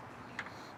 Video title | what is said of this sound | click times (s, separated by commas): MAIKER RGB LED Grille Lights Compatible with 2024-2025 Jeep Wrangler JL JLU & Gladiator JT | this should just snap. Oh, yeah. It'll snap right there and snap right into place and look like it belongs there. | 0.4 s